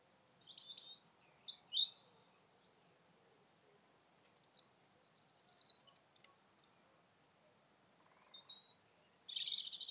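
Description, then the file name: Eurasian wren song: scattered high notes, then a rapid trilling phrase of about two and a half seconds, with more twittering near the end over light background noise. "Troglodytes troglodytes"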